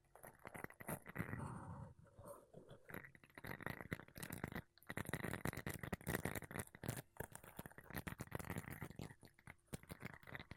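Makeup brushes and a sponge are rubbed across a microphone in quick, dense strokes, producing a continuous scratchy, rumbling rustle with a low growl-like undertone. The brushing keeps up nearly throughout, pausing briefly around two seconds and again near five.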